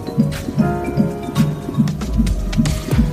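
Fast, steady whooshing pulses come at about 150 a minute, with a faint hiss between them. This is an unborn baby's heartbeat picked up by a prenatal Doppler, and the rate is within the usual fetal range.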